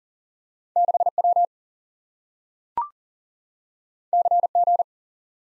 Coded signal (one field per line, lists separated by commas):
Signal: Morse code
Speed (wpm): 39 wpm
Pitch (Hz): 700 Hz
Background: none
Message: 6W CG